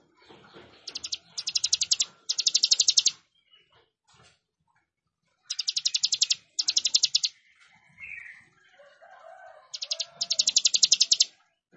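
Plain prinia singing three bouts of rapid buzzy pulsed bursts separated by pauses, with soft background chirps.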